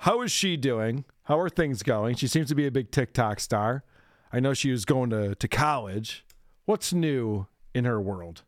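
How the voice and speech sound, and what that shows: An adult man speaks in a relaxed, fluent conversational voice at a moderate pitch, asking a few casual questions with natural pauses between them. His articulation is clear and his voice quality is unremarkable, with no stuttering, slurring or hoarseness: ordinary speech.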